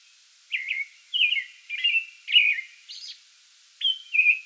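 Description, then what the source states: American robin song of quick warbled caroling phrases in a rapid series, then one thin high note and two final phrases after a short gap. Song bout, 2022-05-08, edited.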